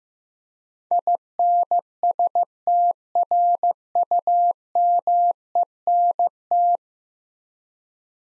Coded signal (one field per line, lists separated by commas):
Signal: Morse code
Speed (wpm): 15 wpm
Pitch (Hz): 700 Hz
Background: none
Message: INSTRUMENT